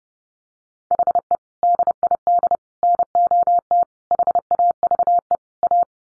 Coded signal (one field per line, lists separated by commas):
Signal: Morse code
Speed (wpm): 30 wpm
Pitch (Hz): 700 Hz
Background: none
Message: HE DID NOT HAVE A